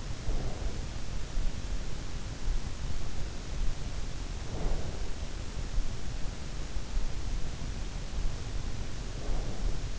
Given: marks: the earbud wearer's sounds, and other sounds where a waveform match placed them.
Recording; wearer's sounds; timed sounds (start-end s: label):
sounds in sleep by an in-ear microphone; breath
0.00-1.39 s: breath
4.30-5.57 s: breath
8.67-9.90 s: breath